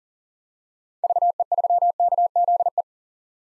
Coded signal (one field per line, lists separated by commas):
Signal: Morse code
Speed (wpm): 40 wpm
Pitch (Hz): 700 Hz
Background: none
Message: VE3KZE